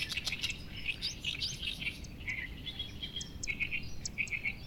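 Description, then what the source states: Bird chirping with quick high notes, some in short rapid triplets, over a constant low rumbling background noise. Recorded 21 June 2019.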